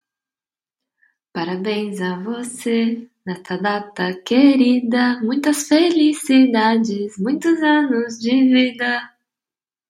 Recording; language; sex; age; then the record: short text; Brazilian Portuguese; female; 20 to 29 years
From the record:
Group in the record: control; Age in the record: 28 years